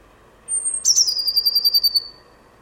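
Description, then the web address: Bird gives a single call, a sharp high note followed by a descending string of quick buzzy pulses fading out, over soft steady background hum. "cianscape birddata Deverinetal 2025 Bird Only Cy Ca"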